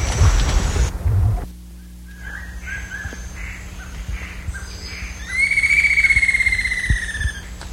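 Bird calling: after a low rumble, soft short notes, then a long, strong, drawn-out harmonic note that tails off.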